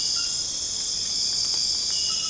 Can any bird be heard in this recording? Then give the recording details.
no. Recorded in secondary vegetation near Puerto Asís, Putumayo, Colombia, on 8 March 2025 at 01:00. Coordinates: 0.485, -76.322. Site G040